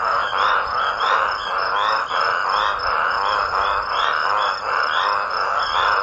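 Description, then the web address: Toad chorus, loud grating calls overlapping into a steady pulsing roar. Toads calling raucously. "smallsounds raucous-toads sotw"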